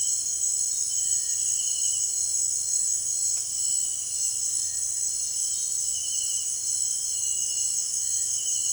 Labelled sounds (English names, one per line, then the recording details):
none
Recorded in dense forest near Puerto Asís, Putumayo, Colombia, on 13 March 2025 at 18:00
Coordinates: 0.481, -76.323
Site G088